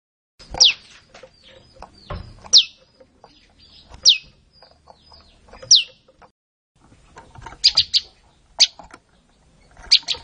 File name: suara-burung-prenjak-lumut -omkicau